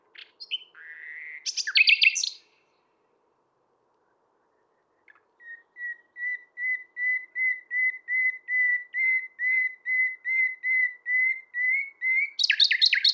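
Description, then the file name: Common nightingale song: a short chattering phrase, silence, then a long run of identical whistled notes that grows louder, ending in a burst of rapid notes. "Luscinia megarhynchos"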